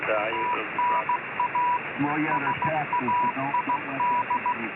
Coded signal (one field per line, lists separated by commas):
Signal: Morse code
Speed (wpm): 16 wpm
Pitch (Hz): 980 Hz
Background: speech, radio noise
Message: TNA SAID